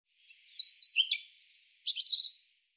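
European robin song: one short phrase of thin, high whistled notes that slide up and down, ending in a fast jumbled twitter, with a clean, quiet background.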